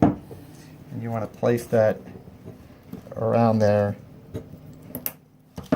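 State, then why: Seated. A snap ring is fitted with snap ring pliers onto an SMC Rocket Rim go-kart centrifugal clutch assembly while someone talks. The ring is released and snaps into its groove with a sharp metallic hit at 5.1 s, seated tight.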